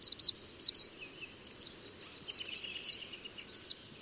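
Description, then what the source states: Tree Swallow calls: clear, high twittering chirps, often doubled, in a series with softer, lower warbled notes between them. Tree swallows also eat small fruits such as bayberries, so they can survive longer than insect-dependent swallows; some populations do not migrate south.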